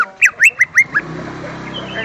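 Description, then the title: Greater green leafbird song: five quick, sliding whistled notes in a little under a second, then a low, steady hiss of background noise. "Kicau Burung Cucak Ijo"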